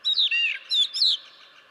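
Brown Thrasher phrase: two sets of clear slurred whistled notes, rising and falling, in quick succession.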